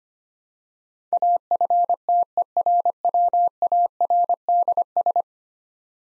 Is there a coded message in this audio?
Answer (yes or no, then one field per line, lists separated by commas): yes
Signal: Morse code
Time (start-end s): 1.1-5.2 s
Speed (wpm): 25 wpm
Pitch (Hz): 700 Hz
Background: none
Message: AFTERWARDS